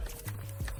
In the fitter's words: Make sure you hear the click, and there it is.